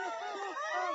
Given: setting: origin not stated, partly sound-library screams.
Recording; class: one-second piece from a danger detection set; woman in danger